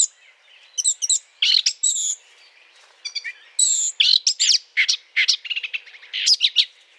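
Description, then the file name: Eurasian blackcap song, short bursts of rapid, scratchy, high warbled notes with quiet pauses between. Courtship song; 20 April 2009. "090420 fauvette A- t Aate noire chant de s A©duction LPC"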